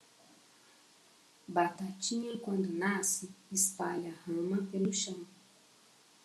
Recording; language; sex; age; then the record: short text; Brazilian Portuguese; female; 50 to 59 years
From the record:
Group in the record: control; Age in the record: 52 years